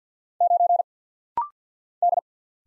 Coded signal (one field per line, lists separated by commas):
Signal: Morse code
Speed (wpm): 50 wpm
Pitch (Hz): 700 Hz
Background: none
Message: 9 D